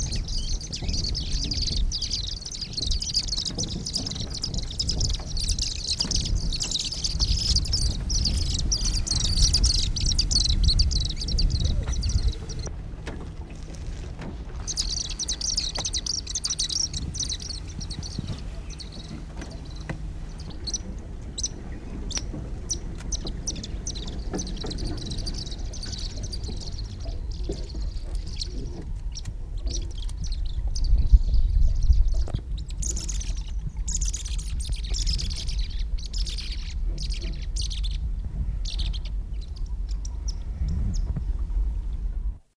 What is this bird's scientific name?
Ceryle rudis